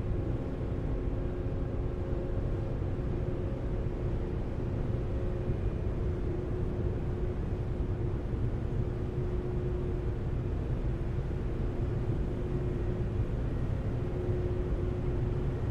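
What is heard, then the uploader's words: A ferry's rear car deck, filled with a steady, dense rumble of engines and machinery that holds at the same level throughout. A low droning tone runs continuously beneath it, with a faint higher hum layered above, and no distinct events break the drone. Seattle Inbound Rear Car Deck Launch Stereo. A days' worth of round-trips on the Seattle-Bainbridge Island Ferry, nearly all short fore-and-aft from then passenger and car decks.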